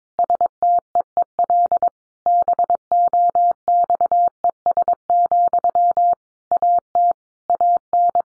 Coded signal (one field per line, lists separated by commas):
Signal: Morse code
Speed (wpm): 22 wpm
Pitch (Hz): 700 Hz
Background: none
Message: STEEL BOXES, AT AN